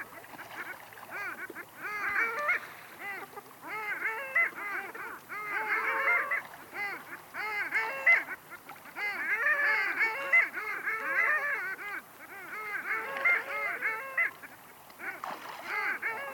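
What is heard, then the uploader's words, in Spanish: A flock of geese honks continuously, many overlapping calls crowding together into a dense, chattering mass. The calls are mid-pitched and rise and fall quickly. Loudness swells and dips in bursts every couple of seconds, with brief thinner gaps around 3, 8 and 15 seconds. Alli. Viikon luontoäänen esitteli Pertti Koskimies.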